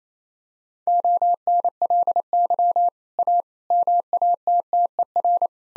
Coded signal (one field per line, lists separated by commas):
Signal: Morse code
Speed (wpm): 27 wpm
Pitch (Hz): 700 Hz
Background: none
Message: ONLY A MATTER